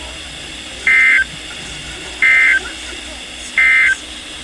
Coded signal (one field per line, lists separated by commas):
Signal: Emergency Alert System (SAME) tones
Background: speech